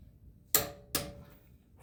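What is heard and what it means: A click-type torque wrench set to 94 ft-lb, per the manual, tightens a wheel lug nut on a 2023 Honda Pilot Sport (4th gen) during a tire rotation. Two sharp, bright clicks ring out at 0.5 s and 1.0 s, each with a short metallic ring that fades over a quiet background. The lug nut reaches its torque setting.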